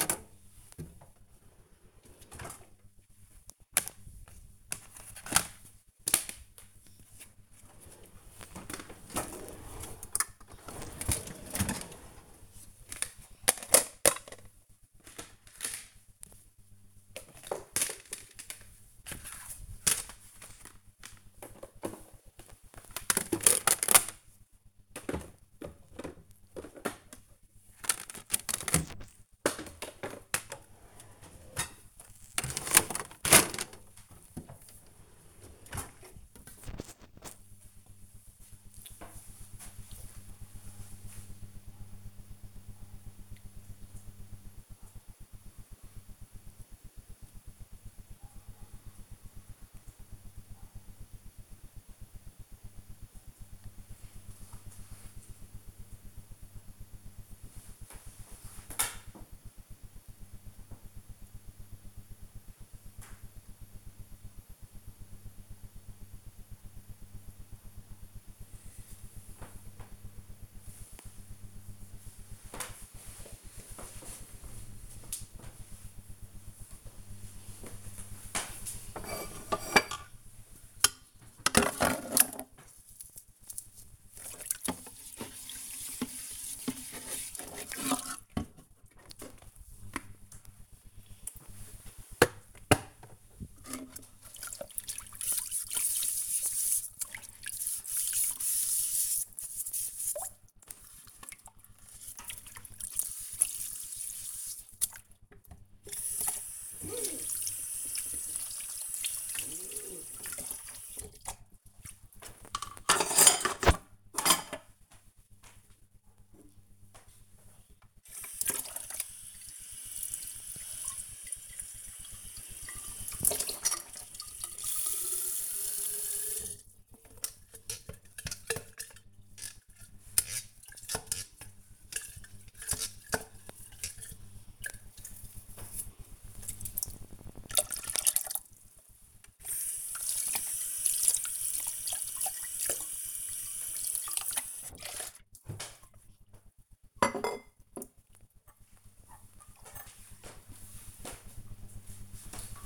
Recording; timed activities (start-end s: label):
household activities, microphone on the right wrist
0.00-36.54 s: putting away the dishes
75.85-148.40 s: washing dishes